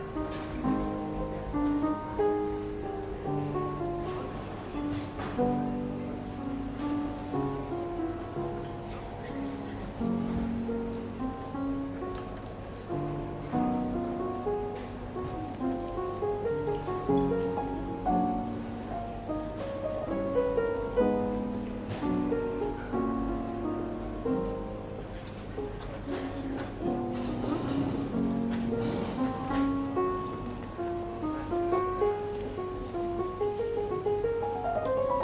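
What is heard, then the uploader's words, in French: Airport terminal at Charleroi: a dense, constant murmur of many overlapping voices, with no single speaker standing out for long. A steady low hum runs underneath throughout, and occasional brief clicks and knocks punctuate the chatter, which holds an even level for the whole stretch. Terminal de l'aéroport de Charleroi, en attendant l'avion pour Athènes.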